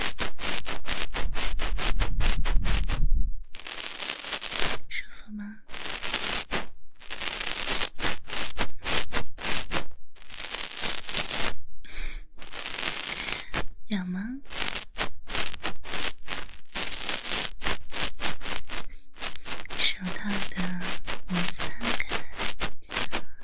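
Dry rubbing and scratching of nylon stockings and gloves in a massage, a fast run of brisk strokes separated by short silent gaps. The first three seconds carry a deeper rumble under the strokes, and faint soft voice-like tones surface around five, fourteen and twenty seconds.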